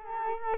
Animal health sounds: mosquito wingbeat signal from an infrared sensor; Culex quinquefasciatus

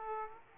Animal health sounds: mosquito wingbeat signal from an infrared sensor; Aedes aegypti

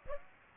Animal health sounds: mosquito wingbeat signal from an infrared sensor; Aedes aegypti

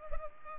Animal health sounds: mosquito wingbeat signal from an infrared sensor; Culex pipiens

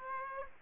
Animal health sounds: mosquito wingbeat signal from an infrared sensor; Aedes aegypti

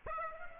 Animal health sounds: mosquito wingbeat signal from an infrared sensor; Aedes aegypti

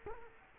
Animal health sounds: mosquito wingbeat signal from an infrared sensor; Culex quinquefasciatus

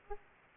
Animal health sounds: mosquito wingbeat signal from an infrared sensor; Aedes aegypti

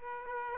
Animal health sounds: mosquito wingbeat signal from an infrared sensor; Aedes aegypti

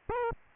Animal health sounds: mosquito wingbeat signal from an infrared sensor; Aedes albopictus

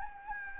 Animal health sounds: mosquito wingbeat signal from an infrared sensor; Anopheles gambiae

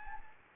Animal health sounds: mosquito wingbeat signal from an infrared sensor; Anopheles gambiae

